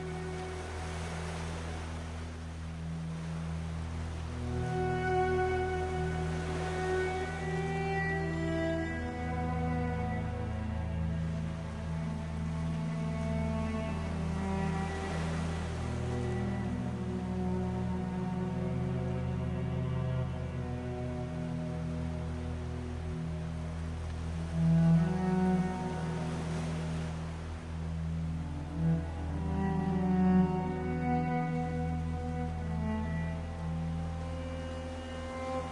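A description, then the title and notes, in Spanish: Slow cello music plays over the sound of the sea, with long sustained notes gliding between pitches above a steady low drone. Soft washes of surf swell and fade every several seconds, and the playing grows a little louder near the end. Cello by the sea. Muscia de cello con sonidos del mar.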